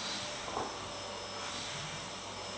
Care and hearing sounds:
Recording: daily activity, microphone in the room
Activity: vacuum cleaning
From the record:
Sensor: 3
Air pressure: 1000.1 hPa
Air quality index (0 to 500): 136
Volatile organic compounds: 2 ppm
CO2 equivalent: 1210 ppm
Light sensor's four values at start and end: 40/101/43/47 and 40/101/43/47

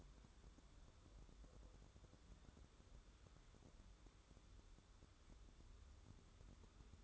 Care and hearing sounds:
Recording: daily activity, microphone in the room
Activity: wipe stove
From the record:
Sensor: 3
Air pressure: 1015.1 hPa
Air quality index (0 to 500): 54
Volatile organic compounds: 1 ppm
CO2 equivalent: 693 ppm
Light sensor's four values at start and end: 15/38/15/16 and 15/38/15/16

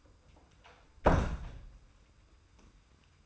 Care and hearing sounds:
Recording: daily activity, microphone in the room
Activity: close door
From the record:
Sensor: 2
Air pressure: 990.3 hPa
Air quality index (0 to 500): 180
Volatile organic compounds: 1000 ppm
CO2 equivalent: 5707 ppm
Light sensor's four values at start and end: 34/80/33/33 and 34/80/33/33

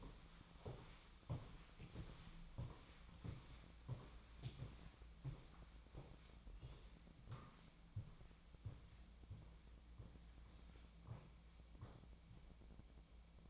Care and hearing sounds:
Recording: daily activity, microphone in the room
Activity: walk to room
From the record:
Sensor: 1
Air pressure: 1010.1 hPa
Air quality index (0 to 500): 184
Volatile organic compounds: 16 ppm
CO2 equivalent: 2535 ppm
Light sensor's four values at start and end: 38/98/41/50 and 39/99/42/51

